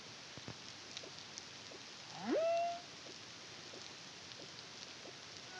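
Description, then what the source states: Humpback whale song unit: a single rising whoop that levels into a sustained tone, amid faint clicks and hiss. Song; Caribbean, CARIMAM project, 2023.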